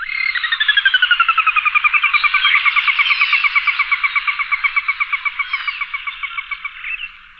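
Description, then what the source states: Sora giving its whinny, a long rapid series of clear whistled notes that starts high, slides down, then runs on evenly for about seven seconds and slowly fades. Secretive marsh rail living in dense vegetation, heard more often than seen, at the 1918 Marsh; the descending whinny is described as distinctive.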